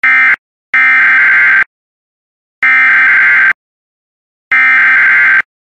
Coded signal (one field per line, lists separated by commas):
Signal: Emergency Alert System (SAME) tones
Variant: header bursts